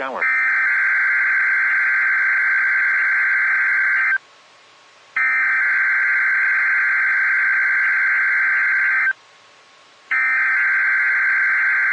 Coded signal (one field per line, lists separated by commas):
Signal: Emergency Alert System (SAME) tones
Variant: header bursts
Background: speech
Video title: EAS Required Weekly Test On KHB37 2/3/21 (EAS #330)